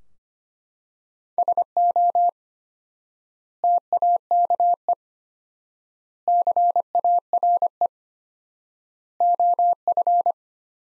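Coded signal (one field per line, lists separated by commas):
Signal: Morse code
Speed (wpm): 25 wpm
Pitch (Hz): 700 Hz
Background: none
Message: SO TAKE CARE OF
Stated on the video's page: Practice sentences from top 300 words at 25 wpm with 4x standard word spacing, a word-level Farnsworth-like method.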